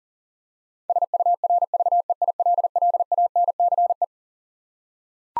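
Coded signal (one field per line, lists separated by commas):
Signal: Morse code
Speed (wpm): 40 wpm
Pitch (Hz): 700 Hz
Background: none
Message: SURVEILLANCE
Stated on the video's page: Head-copy drill of twelve-letter words sent at 40wpm, each word sent twice.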